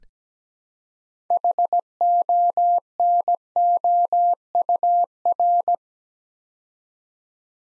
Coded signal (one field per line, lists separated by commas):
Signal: Morse code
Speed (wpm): 17 wpm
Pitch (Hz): 700 Hz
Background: none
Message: HONOUR